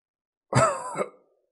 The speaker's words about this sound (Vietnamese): Bóng dáng xa xa kia truyền đến tiếng ho khan già nua mà dữ dội, dường như trái tim đều sắp phun ra.